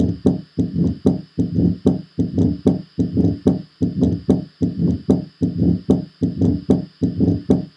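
Regular heart cycles at about 75 per minute in an adult, each with a sharp, snapping sound followed by a low-pitched rumbling murmur that swells before the next beat. The pattern fits mitral stenosis, a narrowed mitral valve obstructing filling of the left ventricle.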